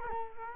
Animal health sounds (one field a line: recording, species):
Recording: mosquito wingbeat signal from an infrared sensor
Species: Culex quinquefasciatus